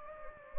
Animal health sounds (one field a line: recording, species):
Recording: mosquito wingbeat signal from an infrared sensor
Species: Anopheles gambiae